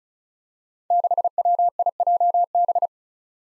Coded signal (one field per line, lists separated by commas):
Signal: Morse code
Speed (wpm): 36 wpm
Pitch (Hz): 700 Hz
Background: none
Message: 6WIJB